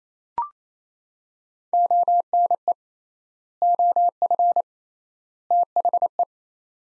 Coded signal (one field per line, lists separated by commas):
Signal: Morse code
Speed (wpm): 28 wpm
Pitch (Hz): 700 Hz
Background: none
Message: ONE OF THE